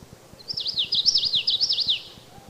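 Common yellowthroat singing a fast sequence of repeated swooping phrases, with faint regular low ticking underneath.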